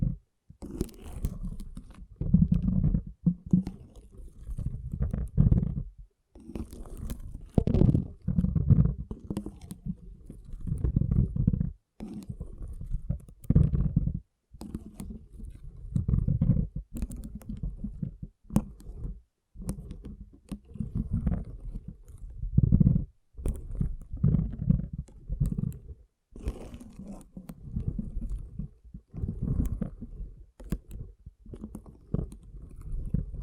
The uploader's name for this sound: Soothing & Deep Water Beads Sounds